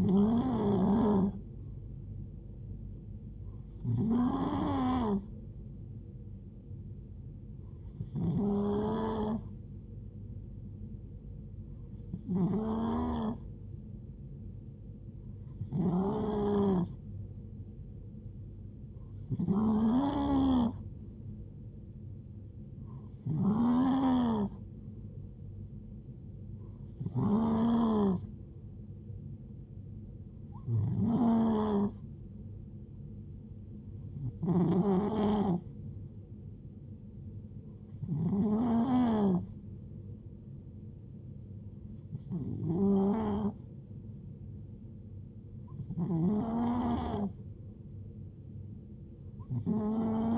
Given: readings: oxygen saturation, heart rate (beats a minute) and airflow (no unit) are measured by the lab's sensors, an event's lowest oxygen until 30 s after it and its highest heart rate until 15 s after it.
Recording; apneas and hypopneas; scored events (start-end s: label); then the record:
breathing in sleep by a smartphone at the bedside; none
none scored
From the record:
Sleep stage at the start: N2 (light sleep); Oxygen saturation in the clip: 91 to 92%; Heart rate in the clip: 64 to 72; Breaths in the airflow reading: 13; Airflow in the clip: -5.2 to 3.1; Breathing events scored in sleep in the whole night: 389 in 6.3 hours asleep